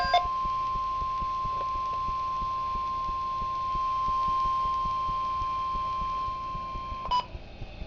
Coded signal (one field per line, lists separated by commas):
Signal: Emergency Alert System (SAME) tones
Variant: 1050 Hz attention tone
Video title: Real NOAA Weather Radio EAS Alert #47